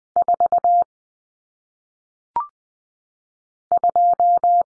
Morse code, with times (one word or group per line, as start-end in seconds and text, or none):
0.2-0.8 4
3.7-4.6 2